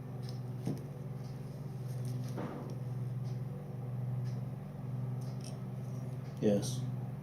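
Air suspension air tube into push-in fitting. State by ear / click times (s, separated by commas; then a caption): not seated / none. An air suspension air tube is handled at its push-in fitting on a 2008-2018 Toyota Sequoia during air suspension repair, with faint handling taps and a steady low hum throughout while someone talks. Nothing has seated or clicked yet; the clip ends just before the tube goes home.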